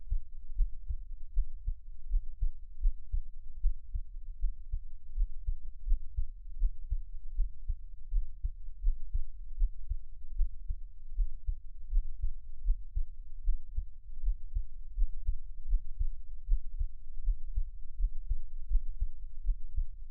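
Deep, muffled heartbeat thumps of an adult at roughly 80 a minute, heard close up. The rhythm is noticeably uneven, with pauses where a beat seems to drop out. These are frequent, wildly skipped beats.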